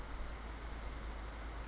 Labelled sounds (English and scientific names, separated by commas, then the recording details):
California Towhee (Melozone crissalis)
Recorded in Sonoma County, California